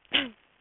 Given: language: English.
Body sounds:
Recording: throat vibration sensor signal played as sound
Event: cough

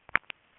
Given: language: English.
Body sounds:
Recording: throat vibration sensor signal played as sound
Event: swallow

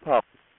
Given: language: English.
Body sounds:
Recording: throat vibration sensor signal played as sound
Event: speech

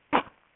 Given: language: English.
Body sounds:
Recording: throat vibration sensor signal played as sound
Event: cough

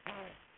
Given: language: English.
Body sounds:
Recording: throat vibration sensor signal played as sound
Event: throat clearing

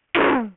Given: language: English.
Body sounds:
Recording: throat vibration sensor signal played as sound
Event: throat clearing

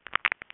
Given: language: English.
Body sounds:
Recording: throat vibration sensor signal played as sound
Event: swallow

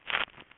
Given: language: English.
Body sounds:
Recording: throat vibration sensor signal played as sound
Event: swallow

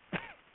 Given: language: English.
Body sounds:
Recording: throat vibration sensor signal played as sound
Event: cough

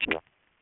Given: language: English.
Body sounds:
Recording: throat vibration sensor signal played as sound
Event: swallow

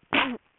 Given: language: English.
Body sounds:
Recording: throat vibration sensor signal played as sound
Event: cough

